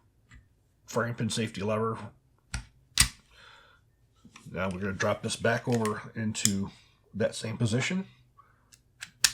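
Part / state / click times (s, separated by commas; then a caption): small steel pistol part (ejector/safety lever area) into the pistol frame / seated / 9.2 s. While a Smith & Wesson 1006 pistol is reassembled, someone talks as a small steel part in the ejector and frame pin safety lever area is dropped back into its position in the pistol frame, with a few faint taps along the way. A sharp, loud click at 9.3 seconds marks the part snapping into place, seated.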